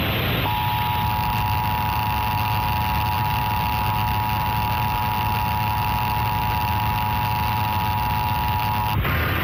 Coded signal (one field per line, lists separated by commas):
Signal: Emergency Alert System (SAME) tones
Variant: 853 and 960 Hz attention tone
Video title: KSAT 12 Emergency Alert System (EAS) Test, 4/3/2018